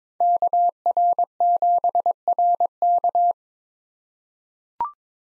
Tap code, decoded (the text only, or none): none